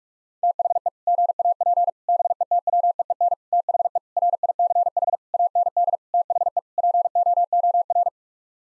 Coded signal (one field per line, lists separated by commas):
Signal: Morse code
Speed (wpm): 46 wpm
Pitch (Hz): 700 Hz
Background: none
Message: THE GAP BETWEEN THE RICH AND THE POOR